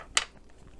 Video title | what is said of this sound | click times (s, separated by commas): P is for the PD-H Darning Foot, and PD-H Open Toe Darning Foot! | I'm gonna snap in now again typically when I do free motion quilting or | 0.2 s